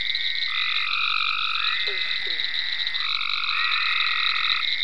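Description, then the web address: Frogs calling in a dense chorus, long overlapping trills lasting one to two seconds each, layered at several pitches, with a steady high droning band throughout. Frogs in ponds at Venaura farm, recorded 27 May 2010. "ecolandtech venaurafarm frogs-in-ponds 5-27-010-Frogs"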